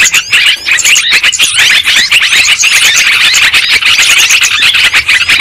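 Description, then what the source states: Lovebirds squealing and chattering, piercing notes tumbling over one another in a continuous burst. Lure sound used for trapping birds.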